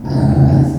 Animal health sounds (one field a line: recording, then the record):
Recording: squeal of a Yucatan mini pig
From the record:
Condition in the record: after surgery on the right vocal fold (resection and tissue-engineered implant)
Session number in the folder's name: 3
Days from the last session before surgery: 33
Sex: male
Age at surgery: 12 weeks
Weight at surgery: 13 kg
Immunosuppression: cyclosporine, prednisolone